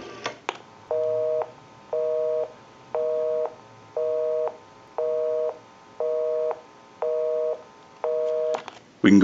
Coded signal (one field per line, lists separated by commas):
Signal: telephone call progress tone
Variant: North America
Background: speech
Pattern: busy tone